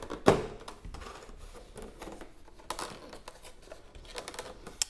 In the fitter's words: lay it over and then snap in place and